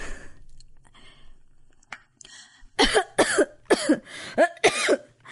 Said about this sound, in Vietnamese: Mẹ tôi nằm bên phòng kia, ho lên những tiếng rất rõ.